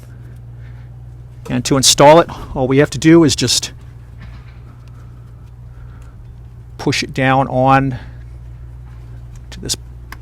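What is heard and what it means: A plastic spark plug wire retainer is pushed down onto its mounting bracket on the engine of a 1996–2000 GM OBS truck with a Vortec 5.0L or 5.7L engine. Someone talks over a steady low hum, and a sharp snap at 10.1 s marks the retainer seating onto the bracket.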